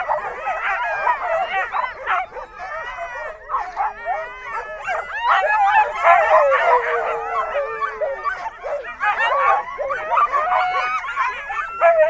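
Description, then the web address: Sled dogs in a long chorus of barks, yelps and whines, with a drawn-out falling howl rising above the clamour midway. A sled dog "concert", filed among farmyard animal sounds. "allathangok parasztudvar kutya szanhuzokoncert"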